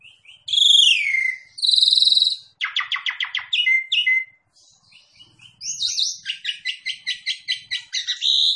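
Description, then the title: Javan pied starling calls: loud harsh downslurred screeches, rapid buzzy rattles and a run of repeated chattering notes, all high-pitched. Lure call used to draw a response from Javan pied starlings. "Pancingan Jalak Suren Langsung Bunyi"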